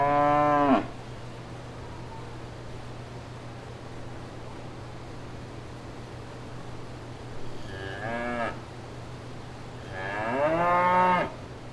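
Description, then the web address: Cow mooing in three short harmonic calls, one at the start and two near the end, the last longest and rising then falling, over a steady low hum. Cow at fair grounds with people around. "Blastwave ANIMALS Cow Fair Grounds"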